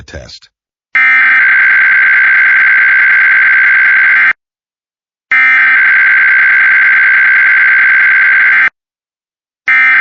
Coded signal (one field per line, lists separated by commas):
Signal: Emergency Alert System (SAME) tones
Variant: header bursts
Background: speech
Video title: ￼ Weekly eas test for Iowa, Missouri, New York, Pennsylvania, Maryland, Hawaii, and etc ￼